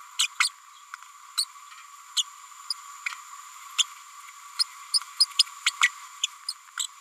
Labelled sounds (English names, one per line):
Green-rumped Parrotlet babbling